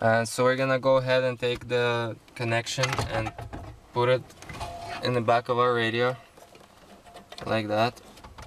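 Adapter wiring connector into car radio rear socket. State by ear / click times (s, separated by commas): not seated / none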